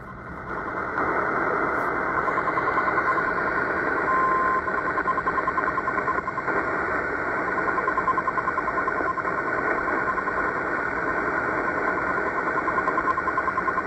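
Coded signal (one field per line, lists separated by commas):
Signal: radio time signal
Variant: RWM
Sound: rapid 1 kHz beeps, about ten per second, then a long steady tone, through static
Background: radio static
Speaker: time signal from Moscow Russia on 9996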